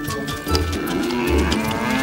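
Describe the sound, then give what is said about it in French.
Cows grazing near a jungle moo in low, drawn-out calls that overlap one another, with a steady rumbling murmur of the herd running underneath throughout. “Krishna avait détaché les vaches et les avait emmenées paître près de la jungle”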